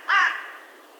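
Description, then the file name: Carrion crow uttering one loud, rasping caw that cuts off quickly and leaves a brief fading echo. "Corvus corone"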